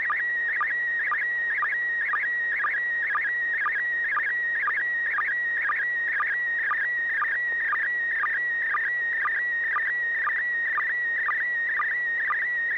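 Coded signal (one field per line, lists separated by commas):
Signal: SSTV (slow-scan television)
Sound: steady high tone with warbling jumps and short low blips, about twice a second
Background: low hum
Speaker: it's working so go ahead and transmit [Music] d d d AI 6dg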